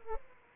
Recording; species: mosquito wingbeat signal from an infrared sensor; Aedes aegypti